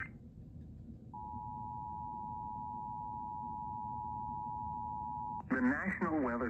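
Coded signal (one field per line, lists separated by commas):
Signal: Emergency Alert System (SAME) tones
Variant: 853 and 960 Hz attention tone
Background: speech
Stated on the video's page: Flash flood warning for the Houston, Texas area from NWS League City, received via WJON IP radio.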